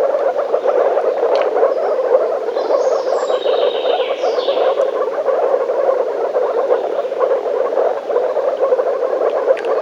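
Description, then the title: Frog: steady croaking chorus of frogs, while a bird gives a few high twittering notes in the background. Frogs in a forest. "лягушки frogs in the forest"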